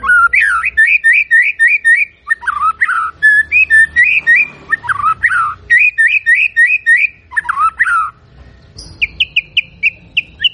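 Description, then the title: White-rumped shama producing bursts of rapid whistled notes and swooping slurred phrases, then higher short repeated notes after a pause. Energetic singing shama recording used as a lure to provoke a response. "PANCINGAN MURAI BATU GACOR"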